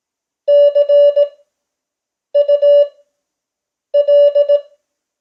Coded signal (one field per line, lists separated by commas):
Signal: Morse code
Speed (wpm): 18 wpm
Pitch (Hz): 580 Hz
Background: none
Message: CUL